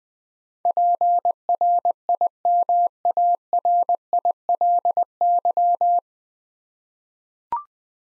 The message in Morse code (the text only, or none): PRIMARILY